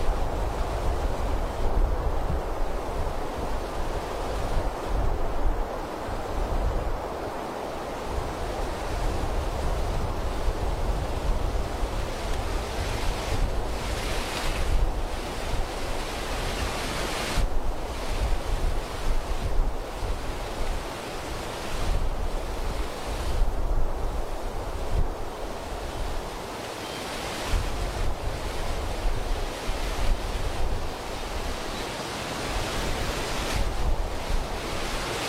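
Wind moving through a forest, a steady rushing roar that fills the whole clip with dense, rumbling low sound. It surges and eases in uneven gusts every few seconds, with brief brighter hissing swells, like waves, around 15, 18 and 27 seconds.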